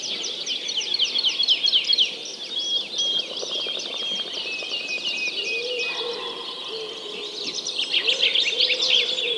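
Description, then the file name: Birds chorusing with lively high chirps and trills, plus lower wavering notes appearing in the later seconds beneath the chatter. Many birds singing together. "Digiffects Sound Effects Library - Many Birds Singing"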